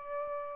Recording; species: mosquito wingbeat signal from an infrared sensor; Aedes albopictus